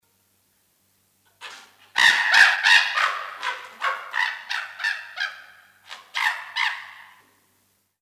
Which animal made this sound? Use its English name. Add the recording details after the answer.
Chimpanzee. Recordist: Tembrock, Günter. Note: Begrüßungslaute eines alten Männchens